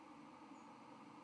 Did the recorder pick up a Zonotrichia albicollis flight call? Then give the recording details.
yes. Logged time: 10:05 on 31 October 2014